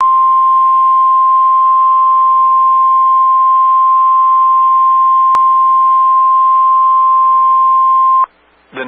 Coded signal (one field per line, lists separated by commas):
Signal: Emergency Alert System (SAME) tones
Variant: 1050 Hz attention tone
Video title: Tornado Warning (EAS #462)